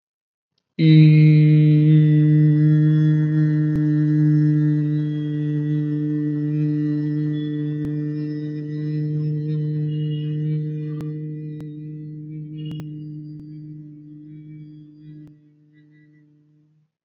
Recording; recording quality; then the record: sustained vowel as in beet; excellent, no background noise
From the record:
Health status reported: exposed to COVID-19, no respiratory illness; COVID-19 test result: negative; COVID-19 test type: RT-PCR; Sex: male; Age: 22 years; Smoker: no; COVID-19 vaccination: both doses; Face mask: not worn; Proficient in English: yes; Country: India